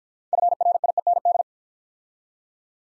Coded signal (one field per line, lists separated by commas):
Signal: Morse code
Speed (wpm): 50 wpm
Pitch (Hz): 700 Hz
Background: none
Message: FRIEND